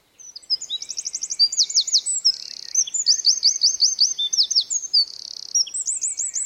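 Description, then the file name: Eurasian wren singing: a continuous torrent of shrill, very fast trills and rattles, changing speed and pitch throughout the whole stretch. "Troglodytes troglodytes"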